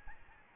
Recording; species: mosquito wingbeat signal from an infrared sensor; Aedes albopictus